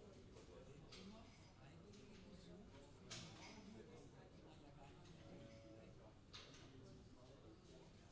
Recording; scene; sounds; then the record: everyday scene through a hearing-aid microphone; many people talking; many voices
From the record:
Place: university cafeteria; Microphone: in the ear canal, left